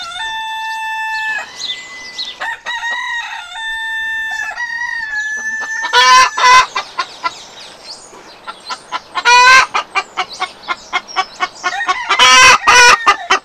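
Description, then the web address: Chicken crowing with long steady crows, then bursts of loud squawking and rapid clucks in the second half. "aso-bit 2018 chicken"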